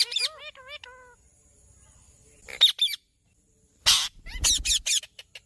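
Bird calls: a run of short harmonic whistled notes, then sharp scratchy chips and a loud burst of harsh squawks near the end.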